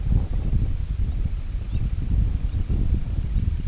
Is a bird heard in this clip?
yes